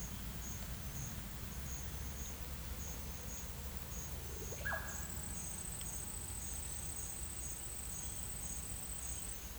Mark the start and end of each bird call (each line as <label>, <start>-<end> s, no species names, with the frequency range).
bird call (0.4-2.2 kHz), 4.52-4.88 s